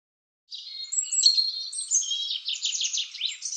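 European robin singing a high, tumbling phrase of thin whistles and warbles, including a quick trill-like run.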